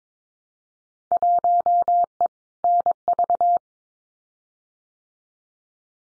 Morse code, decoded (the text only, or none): 1E NV